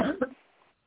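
Two quick voiced cough bursts from an adult woman, a brief dry throat-irritation cough caused by allergy.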